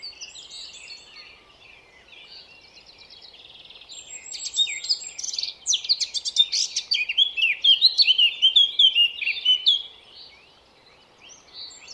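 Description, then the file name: Eurasian blackcap song, quiet twittering at first, then a loud rapid warble of sharp and fluty notes that trails off after ten seconds. "Sylvia atricapilla"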